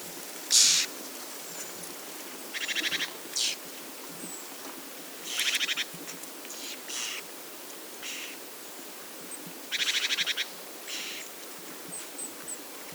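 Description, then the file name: Eurasian wren churring calls, dry rapid rattles repeated several times, some longer and some clipped short, over constant hissing background noise. "Troglodytes troglodytes"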